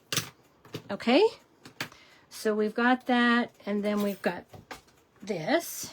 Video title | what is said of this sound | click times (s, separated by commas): New Stampin' Up! catalog walk through, Silly Old Bear Suite & Bloom Boutique Suite cards 5 5 26 | And then make sure you click it fully in. So when it goes in, you need to hear that click. | 0.1 s